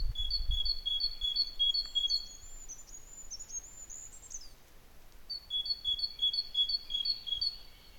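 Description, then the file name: Great tit singing two bouts of rapid alternating high-low notes, separated by a pause with another bird's thin, high whistles; soft low rumble at the start. "Parus major"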